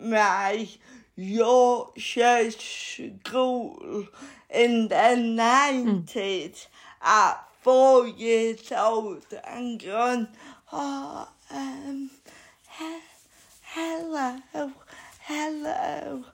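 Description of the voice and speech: An adult woman's slow, effortful speech with drawn-out vowels and frequent pauses: dysarthric speech from cerebral palsy she has had all her life, which means she talks slowly.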